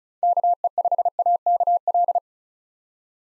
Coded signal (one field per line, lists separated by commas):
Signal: Morse code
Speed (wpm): 36 wpm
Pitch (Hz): 700 Hz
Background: none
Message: KE5AKL